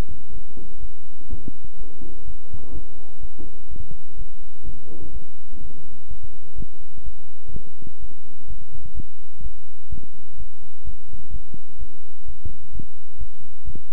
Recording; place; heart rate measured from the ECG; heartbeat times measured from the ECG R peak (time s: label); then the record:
heart sounds by stethoscope; between the tricuspid and mitral areas; 126 bpm
0.32 s: heartbeat
0.80 s: heartbeat
1.29 s: heartbeat
1.77 s: heartbeat
2.25 s: heartbeat
2.73 s: heartbeat
3.21 s: heartbeat
3.69 s: heartbeat
4.17 s: heartbeat
4.65 s: heartbeat
5.13 s: heartbeat
5.61 s: heartbeat
6.09 s: heartbeat
6.56 s: heartbeat
7.04 s: heartbeat
7.52 s: heartbeat
8.00 s: heartbeat
8.48 s: heartbeat
8.95 s: heartbeat
9.42 s: heartbeat
9.90 s: heartbeat
10.38 s: heartbeat
10.85 s: heartbeat
11.32 s: heartbeat
11.79 s: heartbeat
12.26 s: heartbeat
12.73 s: heartbeat
13.18 s: heartbeat
13.65 s: heartbeat
From the record:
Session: bicycle stress test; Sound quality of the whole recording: good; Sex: male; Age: 23 years